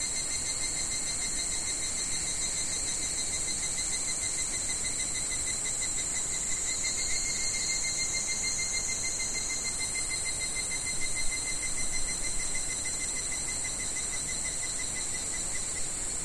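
Insect trilling steadily through the whole recording, a pulsed high tone with faint overtones above it, plus a constant hiss and a higher buzzing band.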